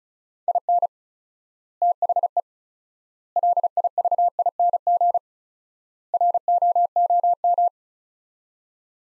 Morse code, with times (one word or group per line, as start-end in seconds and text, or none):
0.5-0.9 IN
1.8-2.4 THE
3.4-5.2 LIVING
6.1-7.7 ROOM